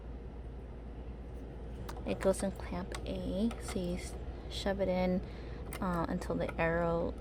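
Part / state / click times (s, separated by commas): scoring stylus going into the accessory clamp of a craft cutting machine / not seated / none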